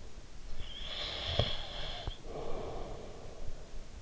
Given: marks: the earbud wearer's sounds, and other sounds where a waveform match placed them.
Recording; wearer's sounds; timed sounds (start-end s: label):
sounds in sleep by an in-ear microphone; breath
0.22-3.86 s: breath